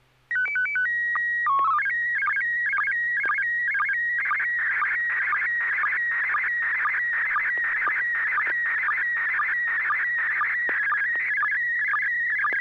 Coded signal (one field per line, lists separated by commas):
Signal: SSTV (slow-scan television)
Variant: PD 120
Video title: N6NA SSTV Net - 06/07/2023